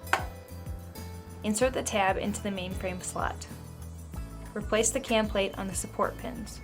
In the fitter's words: position the peel roller and press until you hear it click